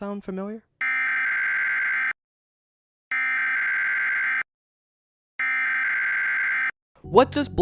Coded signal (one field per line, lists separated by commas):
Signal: Emergency Alert System (SAME) tones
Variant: header bursts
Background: speech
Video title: The Community Behind the Emergency Alert System